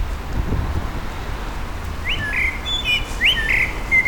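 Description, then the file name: Common blackbird song: a brief mellow fluted phrase with a sharp high squeak, over a low hum of background noise. Recorded at a petrol station, April 2021. "2021 APR-Amsel-Tankstelle"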